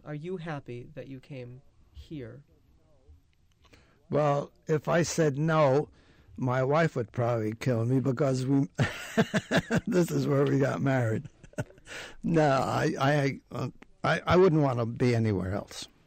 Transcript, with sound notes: Are you happy that you came here?
Well, if I said no my wife would probably kill me because we, ( he laughs ) this is where we got married. I wouldn't want to be anywhere else.